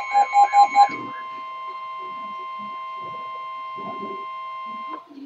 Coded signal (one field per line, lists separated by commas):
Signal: Emergency Alert System (SAME) tones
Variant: 1050 Hz attention tone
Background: speech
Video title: Severe Thunderstorm Warning (EAS Alert #605)